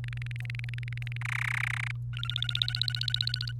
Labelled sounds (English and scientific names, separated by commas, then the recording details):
Domestic Canary (Serinus canaria) song
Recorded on 28 April 2018 at 13:50
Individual llb3